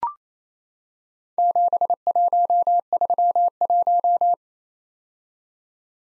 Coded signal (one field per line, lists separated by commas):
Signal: Morse code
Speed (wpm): 27 wpm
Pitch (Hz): 700 Hz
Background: none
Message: 7131